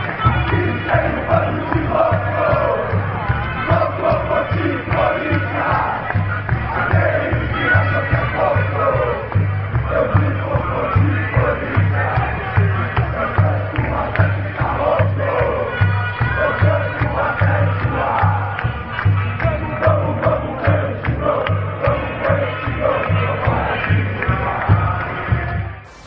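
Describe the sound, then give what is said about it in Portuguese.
A large crowd of Corinthians football fans sings the stadium chant "Louco por Ti, Corinthians" in unison, loud and sustained throughout, driven by a steady, pounding drumbeat underneath the massed voices. “Agora, francamente, só um bando de louco para cantar essa música, né?”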